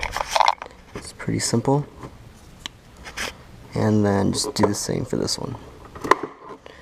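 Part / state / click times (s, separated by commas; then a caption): plastic clip into car panel / seated / 6.1 s. A second plastic trim clip is pushed into a car panel and seats with a sharp click at 6.1 seconds. Someone talks over the work, and small scraping and tapping sounds come from handling the clip before it snaps in.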